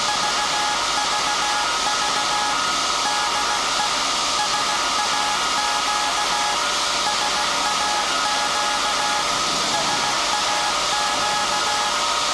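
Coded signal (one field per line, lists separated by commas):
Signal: Morse code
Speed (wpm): 16 wpm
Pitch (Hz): 840 Hz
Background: music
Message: VVV DE SAQ SAQ SAQ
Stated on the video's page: Live transmission of a message from SAQ Grimeton, the 1924 Alexanderson Alternator, at the World Heritage radio station.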